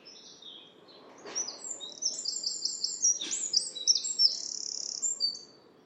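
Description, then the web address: Bird song of high, varied twittering with slurred whistles and a short rapid trill, over a steady background hiss. "cianscape birddata Deverinetal 2025 File origin Bird Only More Classes"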